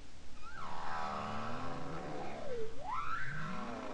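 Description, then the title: Bowhead whale song with a long rich harmonic moan that falls, then swoops sharply up, over lower undertones. Bowhead whale song off Spitsbergen. "Grønlandshvalens sang 2. Lyd: Stafford, Lydersen, Wiig, Kovacs"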